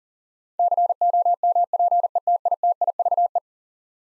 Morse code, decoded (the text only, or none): COMPETITIVE